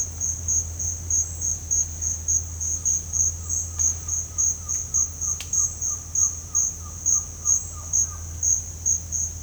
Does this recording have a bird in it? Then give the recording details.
yes. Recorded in dense forest near Puerto Asís, Putumayo, Colombia, on 26 December 2024 at 07:30. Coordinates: 0.481, -76.323. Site G100